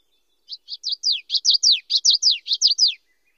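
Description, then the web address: Common yellowthroat singing a fast series of high, sweeping notes that grow louder and repeat in rolling phrases for roughly two and a half seconds. Western North America. "Know Your Bird Sounds Common Western Species. Common Yellowthroat"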